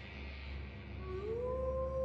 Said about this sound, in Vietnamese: Cậu Khôi nghe thấy tiếng sói hú, tiếng cọp gầm, tiếng lợn rừng thở phì phò.